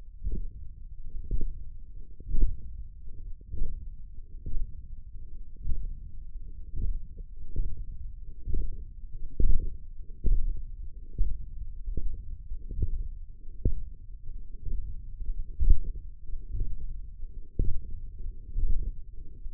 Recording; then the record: forearm muscle sounds (acoustic myography)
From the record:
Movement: radial deviation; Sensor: system 1, eight BSWA MPA416 microphones around the upper forearm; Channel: 6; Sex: male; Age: 21 years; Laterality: right